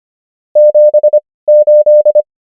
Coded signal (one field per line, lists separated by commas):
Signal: Morse code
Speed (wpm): 25 wpm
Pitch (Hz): 600 Hz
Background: none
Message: 78